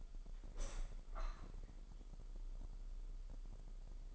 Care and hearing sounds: daily activity, microphone in the room; open window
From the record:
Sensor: 5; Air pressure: 995.8 hPa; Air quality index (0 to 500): 104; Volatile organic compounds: 7 ppm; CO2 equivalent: 2017 ppm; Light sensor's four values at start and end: 40/97/39/41 and 40/97/39/41

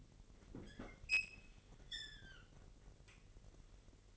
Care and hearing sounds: daily activity, microphone in the room; open fridge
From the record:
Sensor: 4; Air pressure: 1002.9 hPa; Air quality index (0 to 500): 247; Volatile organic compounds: 19 ppm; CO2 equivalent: 2644 ppm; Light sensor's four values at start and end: 4/9/3/4 and 4/9/3/4

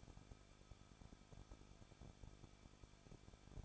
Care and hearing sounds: daily activity, microphone in the room; no activity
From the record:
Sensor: 5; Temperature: 20.9 degrees Celsius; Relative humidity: 38.2%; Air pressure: 1006.5 hPa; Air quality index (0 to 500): 187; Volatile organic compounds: 18 ppm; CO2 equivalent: 2626 ppm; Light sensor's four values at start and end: 2/3/1/1 and 2/3/1/1

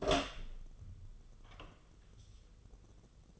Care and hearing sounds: daily activity, microphone in the room; open door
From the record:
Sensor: 4

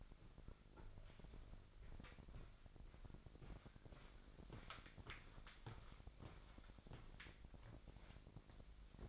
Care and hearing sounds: daily activity, microphone in the room; walk to room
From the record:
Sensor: 5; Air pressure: 999.5 hPa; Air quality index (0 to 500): 217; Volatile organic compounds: 19 ppm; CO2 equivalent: 2654 ppm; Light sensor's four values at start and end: 35/81/32/31 and 33/76/31/30

